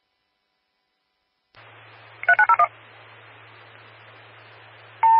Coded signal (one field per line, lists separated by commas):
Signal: DTMF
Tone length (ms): 80 ms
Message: 3901